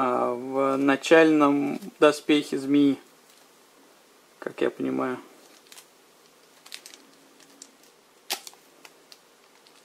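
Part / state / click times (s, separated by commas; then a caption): plastic part of a collectible figure into its socket / not seated / none. Someone talks, then faint plastic handling taps are heard as a part of a Geralt Nendoroid #907 collectible figure by GSC is worked toward its socket. The part is pressed in but has not yet seated or clicked into place.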